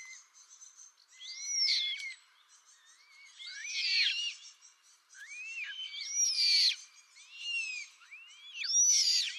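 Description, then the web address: Eurasian coot chick calls: high, looping whistled notes that rise and fall, coming in repeated bursts over faint background noise. Downy young. "Schulze Peter Eurasian Coot downy Young"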